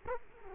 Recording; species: mosquito wingbeat signal from an infrared sensor; Culex quinquefasciatus